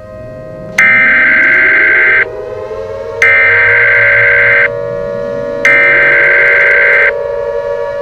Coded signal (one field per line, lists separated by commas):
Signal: Emergency Alert System (SAME) tones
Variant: header bursts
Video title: EAS Scenario Nemesis